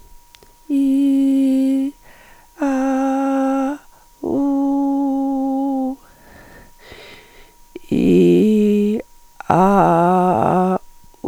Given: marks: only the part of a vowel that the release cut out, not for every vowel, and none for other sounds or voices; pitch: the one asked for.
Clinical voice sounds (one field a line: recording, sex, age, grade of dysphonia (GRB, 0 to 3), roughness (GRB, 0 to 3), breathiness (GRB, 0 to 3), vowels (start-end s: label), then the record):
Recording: sustained vowels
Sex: female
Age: 50 to 59 years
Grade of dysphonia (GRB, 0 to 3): 2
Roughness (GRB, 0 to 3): 0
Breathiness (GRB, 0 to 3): 2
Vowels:
0.77-1.80 s: vowel /i/, high pitch
2.68-3.64 s: vowel /a/, high pitch
4.43-5.78 s: vowel /u/, high pitch
8.11-8.88 s: vowel /i/, low pitch
9.61-10.66 s: vowel /a/, low pitch
From the record:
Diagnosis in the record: hyperfunctional dysphonia, psychogenic dysphonia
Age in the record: 54 years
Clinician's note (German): Multifaktoriell